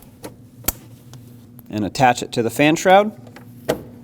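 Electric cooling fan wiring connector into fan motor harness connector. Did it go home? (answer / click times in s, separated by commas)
yes / 0.7 s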